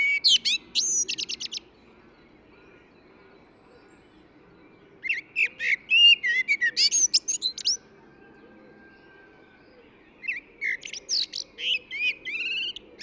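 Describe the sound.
Eurasian blackbird song in three separated bursts of rich warbled whistles and high scratchy twitters, long quiet pauses between phrases.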